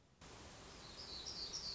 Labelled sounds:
Black-throated Gray Warbler
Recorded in Sonoma County, California

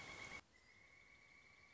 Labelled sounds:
Pileated Woodpecker
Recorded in Sonoma County, California

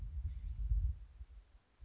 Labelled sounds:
California Scrub-Jay
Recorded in Sonoma County, California

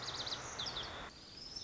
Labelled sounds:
Lazuli Bunting
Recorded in Sonoma County, California

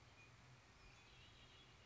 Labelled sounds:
Red-winged Blackbird
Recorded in Sonoma County, California

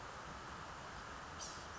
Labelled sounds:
Blue-gray Gnatcatcher
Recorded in Sonoma County, California

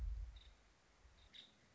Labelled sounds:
Nuttall's Woodpecker
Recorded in Sonoma County, California

